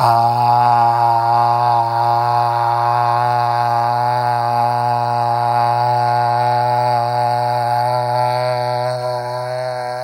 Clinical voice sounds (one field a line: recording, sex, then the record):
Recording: sustained vowel /a/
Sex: male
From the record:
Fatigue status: no fatigue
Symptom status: asymptomatic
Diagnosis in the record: COVID-19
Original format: m4a